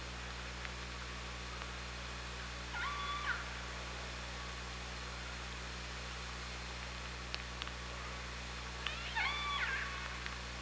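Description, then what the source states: Orca pulsed calls, two short harmonic squeals about six seconds apart, over steady low underwater hum and hiss. Recorded by OrcaLab hydrophone underwater on 24 August 2017 at 18:40:12.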